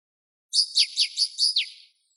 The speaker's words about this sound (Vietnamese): Ngũ sắc tước kêu to, chải chuốt hết sợi lông chim xinh đẹp của mình, liền không nhanh không chậm vỗ cánh rời đi.